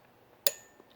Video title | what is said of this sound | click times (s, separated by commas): Juki DU-1181N threading | click you want to hear that click and then you're all set | 0.5 s